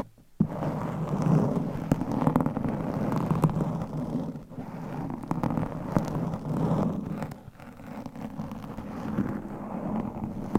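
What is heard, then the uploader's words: Dense microphone scratching with long nails starts abruptly after a split second and runs almost without break, a heavy low rustling scrape full of tiny clicks. The texture stays thick and steady, easing briefly around four and a half and seven and a half seconds. ASMR Mic Scratching - Brain Scratching Layered Asmr No Talking for Sleep with Long Nails.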